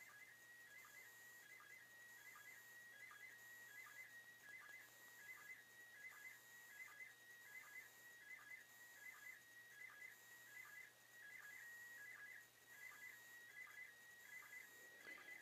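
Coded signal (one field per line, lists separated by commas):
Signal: SSTV (slow-scan television)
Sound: steady warbling whistle near 2 kHz, chirping rhythmically several times a second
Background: radio static, low hum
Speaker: getting ready to copy TV from the International Space Station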